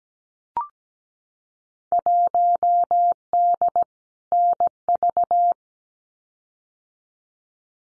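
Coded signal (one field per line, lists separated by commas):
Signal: Morse code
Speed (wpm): 17 wpm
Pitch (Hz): 700 Hz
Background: none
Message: 1D NV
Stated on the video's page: Field Day contest exchanges sent at 17 wpm as a head-copy drill, each sent in Morse, then spoken, then sent again.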